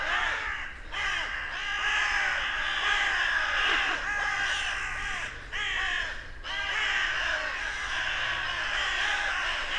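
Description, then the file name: Carrion crow caws, harsh and grating, many birds calling at once in a dense chorus with brief lulls, low hum beneath. "Corvus corone"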